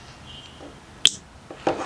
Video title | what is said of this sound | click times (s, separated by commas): JF011E - RE0F10A CVT Transmission Rebuild Part 4 - Valve Body Rebuild | So you're just going to put this and plug it up until you hear it click. | 1.1 s